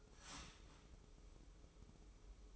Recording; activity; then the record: daily activity, microphone in the room; start toaster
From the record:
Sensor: 1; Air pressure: 995.3 hPa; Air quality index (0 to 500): 25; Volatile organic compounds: 0 ppm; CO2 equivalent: 500 ppm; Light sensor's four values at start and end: 18/59/21/23 and 18/59/21/23